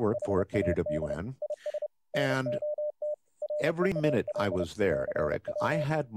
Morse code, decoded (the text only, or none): HAD IS NOT REAL CW E